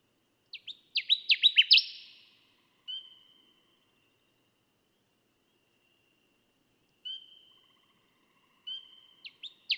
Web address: songs Connecticut Warbler